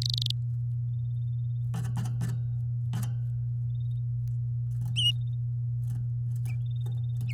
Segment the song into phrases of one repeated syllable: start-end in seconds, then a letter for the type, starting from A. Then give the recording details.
0.01-0.31 A. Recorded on 9 May 2018 at 06:58. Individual llb16